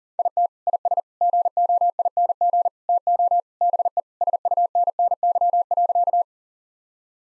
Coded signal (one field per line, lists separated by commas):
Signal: Morse code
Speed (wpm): 40 wpm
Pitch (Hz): 700 Hz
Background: none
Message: IT IS GOING TO BE SUNNY.